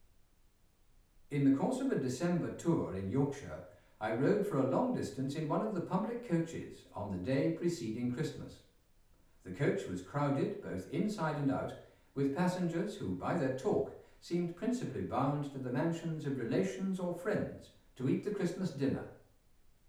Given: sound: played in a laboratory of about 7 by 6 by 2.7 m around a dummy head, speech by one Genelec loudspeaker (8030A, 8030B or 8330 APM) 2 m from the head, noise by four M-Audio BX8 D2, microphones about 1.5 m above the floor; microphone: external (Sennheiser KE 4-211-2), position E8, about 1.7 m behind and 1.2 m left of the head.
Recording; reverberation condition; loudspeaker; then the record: male speech in English; medium; in front (0 degrees)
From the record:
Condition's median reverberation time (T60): about 510 ms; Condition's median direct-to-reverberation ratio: about -0.5 dB